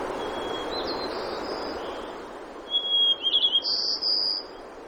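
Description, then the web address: White-crowned sparrow singing once: a pure whistle leading into rapid chattered notes and a closing buzzy phrase, with steady rushing noise behind and faint song at the start. Denali, Alaska; 3 June 2012. "alaska BIRDS. White Crowned"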